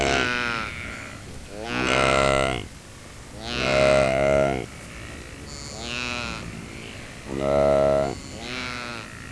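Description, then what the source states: Saiga antelope calls alternating between deep, drawn-out harmonic bleats and higher, brighter answering bleats, several calls in all. Mother and calf saiga communicating with each other.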